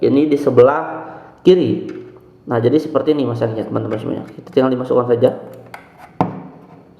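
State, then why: Seated. A SIM card is pushed into the slot on the left side of a D-Link DWR-M920 4G LTE router while someone talks. It clicks into place at 6.2 s, and the card is seated.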